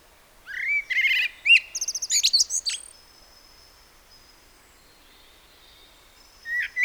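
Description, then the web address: Common blackbird gives one short warbled phrase of fluty notes and high twittering, followed by a long quiet gap and the start of another phrase. "SETE Turdus merula"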